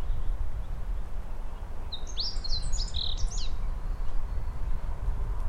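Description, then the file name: Meadow bunting singing a short rapid phrase of bright, sharply rising and falling high notes, heard once against a constant low hum. "houjiro"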